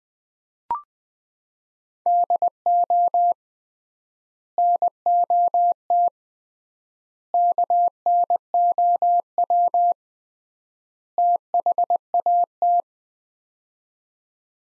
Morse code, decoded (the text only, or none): DO NOT KNOW THAT